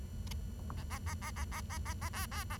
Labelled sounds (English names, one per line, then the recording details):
Bengalese Finch song
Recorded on 23 June 2012 at 10:24
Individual gr41rd51